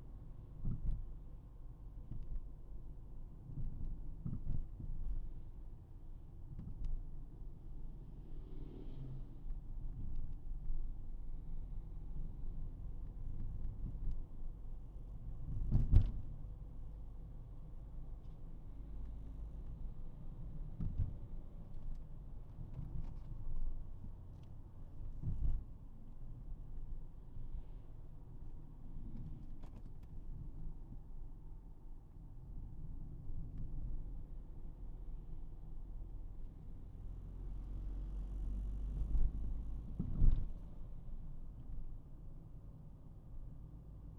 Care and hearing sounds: everyday scene through a hearing-aid microphone; in a vehicle; engine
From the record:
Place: Berlingo II, diesel engine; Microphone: behind the ear, right, front

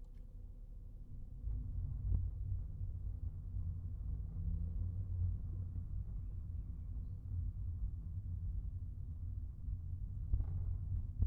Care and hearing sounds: everyday scene through a hearing-aid microphone; in a vehicle; engine, rumble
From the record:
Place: Skoda Fabia, gasoline engine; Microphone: behind the ear, right, rear

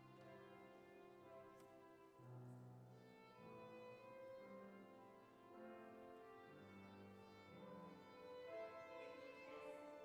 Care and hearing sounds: everyday scene through a hearing-aid microphone; reverberant space; music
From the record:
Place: church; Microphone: behind the ear, left, front

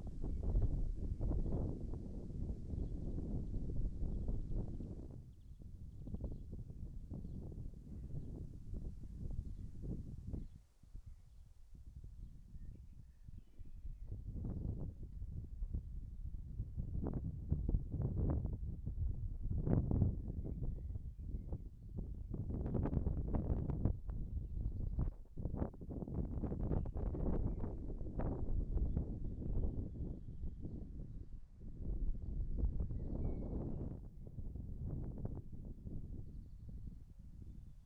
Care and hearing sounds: everyday scene through a hearing-aid microphone; wind on the microphone; wind, birds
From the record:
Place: in front of a rural house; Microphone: behind the ear, right, rear

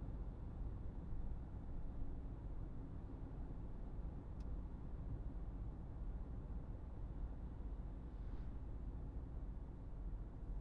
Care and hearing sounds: everyday scene through a hearing-aid microphone; in a vehicle; engine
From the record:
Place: Berlingo II, diesel engine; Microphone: behind the ear, right, front

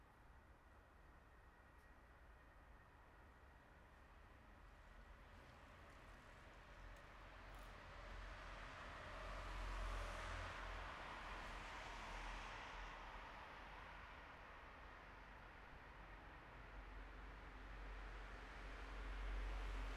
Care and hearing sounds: everyday scene through a hearing-aid microphone; in traffic; traffic, siren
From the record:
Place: bus stop on a city main road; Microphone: behind the ear, right, front

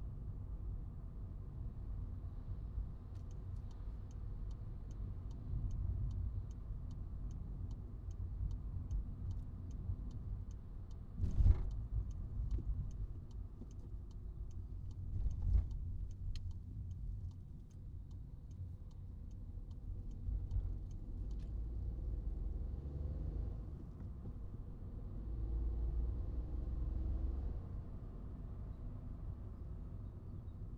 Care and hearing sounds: everyday scene through a hearing-aid microphone; in a vehicle; engine, highway traffic jam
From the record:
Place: Skoda Fabia, gasoline engine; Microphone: in the ear canal, right

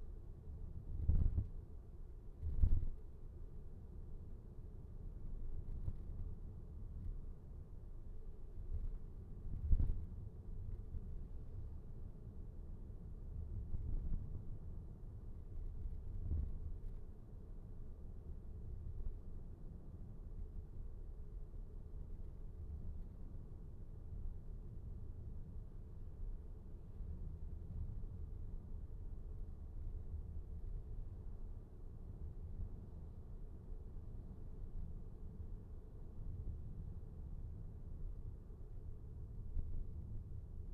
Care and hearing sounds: everyday scene through a hearing-aid microphone; in a vehicle; engine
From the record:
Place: VW T5 Caravelle, diesel engine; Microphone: behind the ear, right, rear

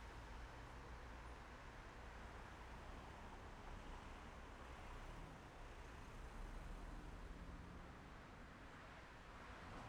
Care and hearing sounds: everyday scene through a hearing-aid microphone; in traffic; traffic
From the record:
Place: main road on the outskirts, rush hour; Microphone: behind the ear, left, rear

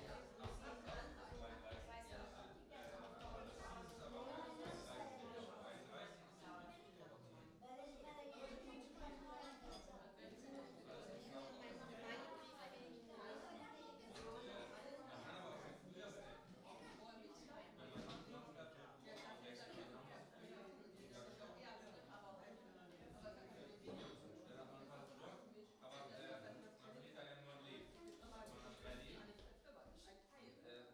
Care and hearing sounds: everyday scene through a hearing-aid microphone; many people talking; many voices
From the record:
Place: parish hall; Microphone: in the ear canal, right

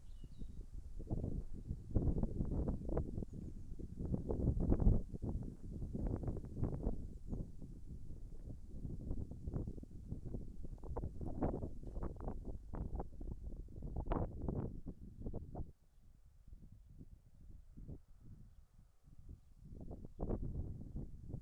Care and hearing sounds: everyday scene through a hearing-aid microphone; wind on the microphone; wind, birds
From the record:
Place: in front of a rural house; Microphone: behind the ear, right, rear

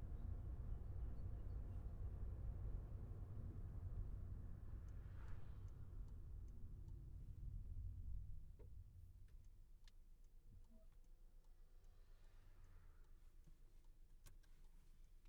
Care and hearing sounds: everyday scene through a hearing-aid microphone; in a vehicle; engine, traffic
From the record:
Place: Skoda Fabia, gasoline engine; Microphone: behind the ear, left, front

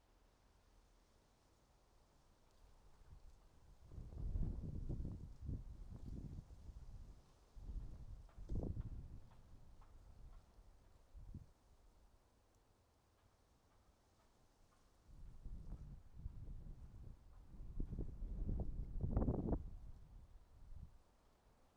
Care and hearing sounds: everyday scene through a hearing-aid microphone; wind on the microphone; wind, traffic, birds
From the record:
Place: suburban garden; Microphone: in the ear canal, right

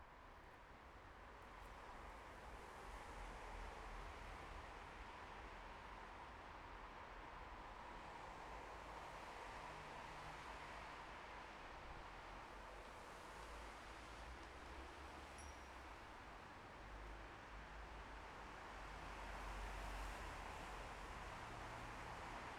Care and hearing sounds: everyday scene through a hearing-aid microphone; in traffic; traffic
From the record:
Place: bus stop on a city main road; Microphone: behind the ear, left, front

